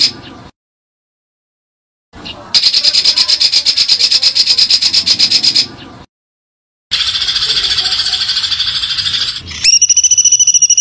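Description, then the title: White-eye song: dense, very rapid high-pitched trilling in long sustained bursts, broken by abrupt silences, ending in a steady high twittering run. Continuous vigorous singing (gacor) with full 'tembakan' bursts; masteran (training) material. "Masteran Burung Pleci Gacor Full Tembakan"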